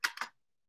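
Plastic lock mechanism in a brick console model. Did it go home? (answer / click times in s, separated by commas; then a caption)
yes / 0.1 s, 0.2 s. A plastic locking mechanism on a brick-built Lego NES console model is worked, giving two sharp plastic clicks at about 0.1 s and 0.2 s. The mechanism seats into its locked position, and the rest of the clip is silent.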